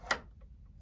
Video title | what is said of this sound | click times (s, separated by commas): Husqvarna Viking Sapphire 85 Machine Overview | going to push it forward you're going to hear it click okay | 0.1 s